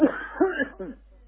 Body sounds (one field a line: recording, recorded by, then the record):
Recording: voluntary cough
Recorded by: telephone call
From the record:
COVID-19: positive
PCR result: checked with the laboratory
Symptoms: no